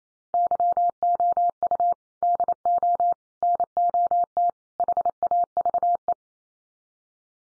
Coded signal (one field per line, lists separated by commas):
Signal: Morse code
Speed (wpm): 28 wpm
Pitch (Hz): 700 Hz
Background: none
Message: YOU DO NOT HAVE